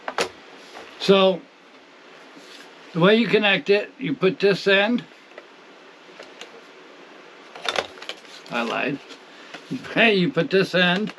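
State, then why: Not seated. Someone talks while handling and positioning a plastic attachment for an AiDot 280 watt cordless stick vacuum, getting it ready to connect to the wand/body. Short plastic taps and knocks from the handling are heard near the start and again around 7.6–8.1 s between the speech. Nothing has seated or clicked yet.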